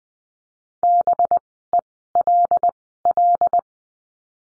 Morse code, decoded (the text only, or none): BELL